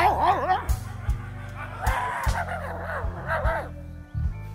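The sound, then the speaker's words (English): A voice imitates a dog with a run of yelping, wavering barks and whines, sung during a live performance at a club in Berlin over a steady, thumping bass-heavy music groove. “Fellas, fellas, fellas, the dog begins to bark.”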